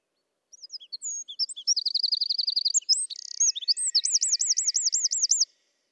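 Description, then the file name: Eurasian wren singing a fast, shrill outburst: scattered chips, a steady rattling trill, a brief buzz, then several swooping looped notes before stopping. "Troglodytes troglodytes"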